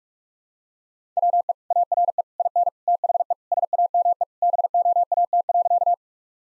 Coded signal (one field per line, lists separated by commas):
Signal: Morse code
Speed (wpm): 42 wpm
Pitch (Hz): 700 Hz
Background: none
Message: WE ARE IN THE SAME BOAT.